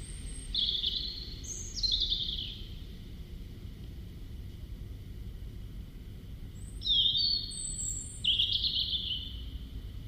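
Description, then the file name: European robin giving four short, high phrases in two pairs, each a thin whistle dropping into a quick tinkling warble, with a steady low background rumble. "Erithacus rubecula"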